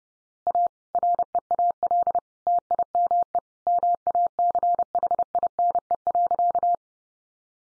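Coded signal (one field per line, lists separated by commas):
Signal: Morse code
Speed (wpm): 30 wpm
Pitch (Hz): 700 Hz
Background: none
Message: A REAL TIME MACHINE.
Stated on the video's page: Morse head-copy practice at 30 wpm, sentences sent in Morse.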